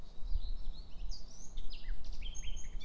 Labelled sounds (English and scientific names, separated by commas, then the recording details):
Eurasian Blackcap (Sylvia atricapilla)
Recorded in Germany
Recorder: ecoPi